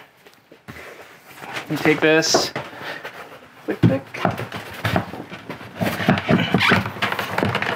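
An upholstered wall panel is pressed onto its upholstery clips, which are mounted on spacers on the wall, while someone talks. Short, sharp knocks are heard between about 6.1 and 7.7 seconds. The first push misses, so the panel clip does not catch, and nothing has clicked into place yet.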